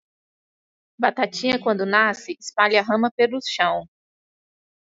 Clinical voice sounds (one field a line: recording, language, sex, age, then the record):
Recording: short text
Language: Brazilian Portuguese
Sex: female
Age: 30 to 39 years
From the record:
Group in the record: control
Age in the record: 32 years